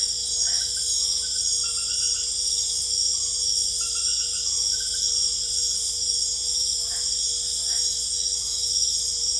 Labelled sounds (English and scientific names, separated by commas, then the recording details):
none
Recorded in secondary vegetation near Puerto Asís, Putumayo, Colombia, on 26 December 2024 at 20:00
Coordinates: 0.488, -76.319
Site GP04